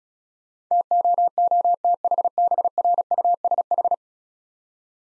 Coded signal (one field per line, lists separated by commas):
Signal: Morse code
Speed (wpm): 35 wpm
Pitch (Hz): 700 Hz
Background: none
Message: TOOTHBRUSH